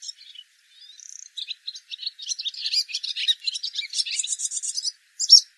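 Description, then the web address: Barn swallow twittering, a rapid run of high chirps and short buzzy notes building into a dense, scratchy chatter over about five seconds, ending in a sharp squeak. "cianscape birddata Deverinetal 2025"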